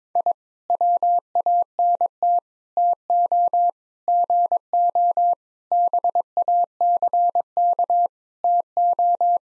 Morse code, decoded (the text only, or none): I WANT TO GO BACK TO